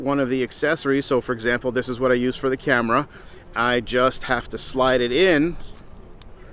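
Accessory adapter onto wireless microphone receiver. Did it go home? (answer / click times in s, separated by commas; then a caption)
yes / 6.2 s. A camera accessory adapter is slid onto the back of a Boya Boyalink wireless mic receiver, over its metal contacts, while someone talks. After the talking fades, a short sharp snap at 6.2 s marks the adapter seating in place.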